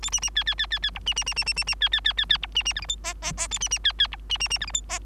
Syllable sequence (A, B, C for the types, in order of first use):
A B B C C C C C D B B B B B B B C C C C C D B B E F G H H H A B B C C D B B B E F G H